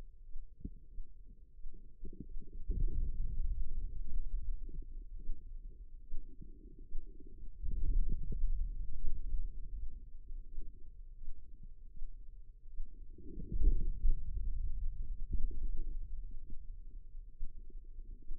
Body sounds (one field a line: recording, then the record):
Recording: forearm muscle sounds (acoustic myography)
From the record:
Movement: hand opening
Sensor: system 2, bracelet of six BSWA MPA416 microphones around the upper forearm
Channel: 4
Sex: female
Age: 25 years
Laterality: right